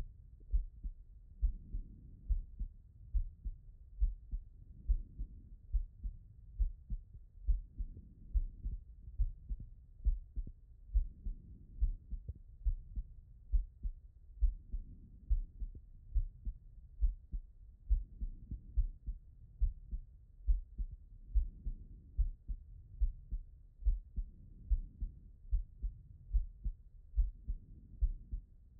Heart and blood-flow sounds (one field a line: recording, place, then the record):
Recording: heart sounds by stethoscope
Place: pulmonary valve (PV)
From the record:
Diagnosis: non-HFrEF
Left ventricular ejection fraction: 63%